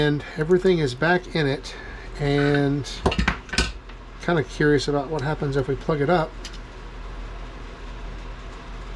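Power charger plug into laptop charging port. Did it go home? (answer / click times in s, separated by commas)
no / none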